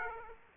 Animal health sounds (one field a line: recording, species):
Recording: mosquito wingbeat signal from an infrared sensor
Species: Aedes aegypti